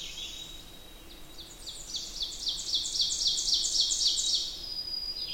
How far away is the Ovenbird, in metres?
about 25 m